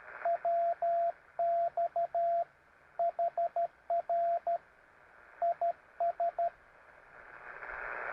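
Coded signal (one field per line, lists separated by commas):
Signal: Morse code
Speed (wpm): 13 wpm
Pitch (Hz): 680 Hz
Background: radio noise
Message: WX HR IS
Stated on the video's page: Actual CW contacts, sent with a keyer, during a park activation at a state fish hatchery.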